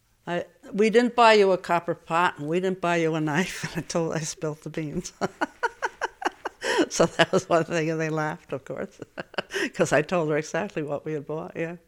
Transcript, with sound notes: "I, we didn't buy you a copper pot, and we didn't buy a knife." I told, I spilled the beans. (she laughs) So that was one thing, and they laughed, of course. Because I told her exactly what we had bought, yeah.